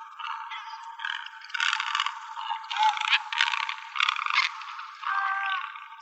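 Great egret harsh, rasping croaks in ragged bursts of a second or so, with short gaps between.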